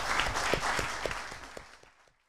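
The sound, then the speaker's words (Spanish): An audience applauds a lecturer at the close of a conference on the Argentine economy, with dense, steady clapping that holds for about two seconds, then thins out and fades into silence. No one speaks over it. “Por favor, fue un placer tenerlo acá en nuestra casa, y pido a todos un aplauso para el licenciado Palanca.”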